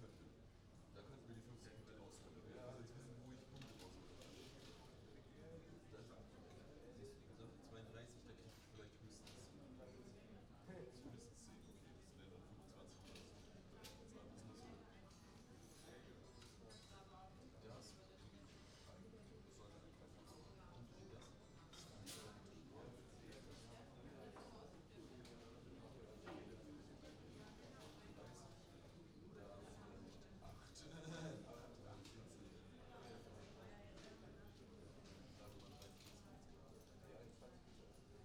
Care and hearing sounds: everyday scene through a hearing-aid microphone; many people talking; many voices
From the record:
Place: university cafeteria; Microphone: in the ear canal, right

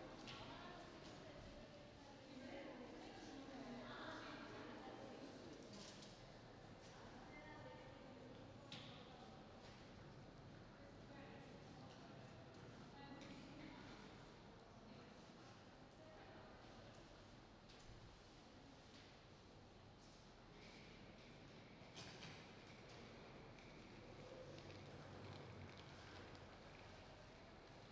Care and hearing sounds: everyday scene through a hearing-aid microphone; reverberant space; background noise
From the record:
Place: railway station hall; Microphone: in the ear canal, right

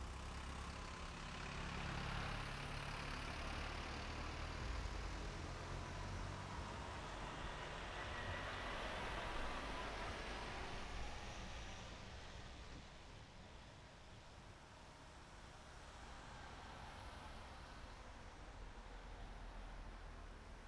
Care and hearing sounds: everyday scene through a hearing-aid microphone; in traffic; traffic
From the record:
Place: main road on the outskirts, rush hour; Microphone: behind the ear, right, front

